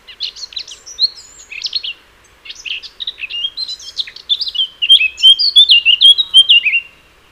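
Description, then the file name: Eurasian blackcap song: a quiet, scratchy chattering warble that turns into a louder run of clear, fluty whistled phrases in the last few seconds. "Sylvia atricapilla"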